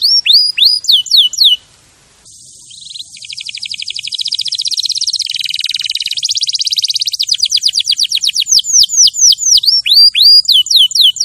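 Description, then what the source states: Canary song: quick downslurred whistles, a brief gap, then a fast buzzy trill that gives way to rapid repeated downslurred chirps, all high-pitched. Champion canary song for training other birds to sing.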